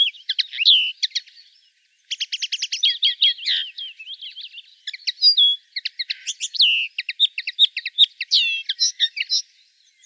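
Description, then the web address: Common linnet song, a long run of fast twittering and dry rattling trills with a few short pauses. "rdewys kneu"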